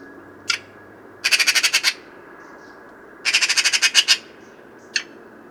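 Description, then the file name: Eurasian magpie chattering: two harsh, rattling bursts of several rapid notes each, with a single rasping note before and after. "Pica pica"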